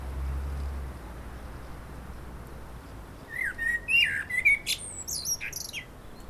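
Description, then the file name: Common blackbird: quiet start with a low hum, then one warbled phrase of sliding whistles ending in high squeaky notes. "Turdus merula"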